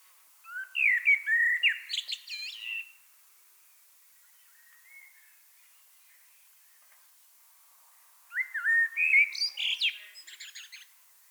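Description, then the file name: Common blackbird song: two phrases several seconds apart, each opening with low fluted whistles and ending in a squeaky high twitter, with quiet pauses between. "Turdus merula"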